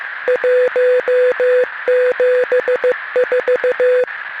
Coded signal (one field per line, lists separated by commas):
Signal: Morse code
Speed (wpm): 15 wpm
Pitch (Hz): 500 Hz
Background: none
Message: 174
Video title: Maritime EAS Scenario | The Last Transmission of MV Horizon Voyager